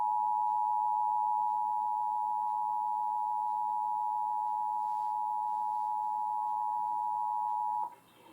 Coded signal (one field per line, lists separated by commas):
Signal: Emergency Alert System (SAME) tones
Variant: 853 and 960 Hz attention tone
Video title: Emergency Alert System - National Periodic Test (8/11/2021)